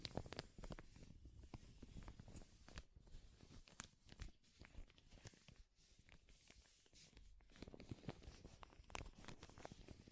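Crinkling runs through the whole ten seconds, a dense, restless crackle of many small sharp snaps with no pauses. The sound is rough and full from low to bright, with louder bursts around the fourth and ninth seconds and a brief lull near six.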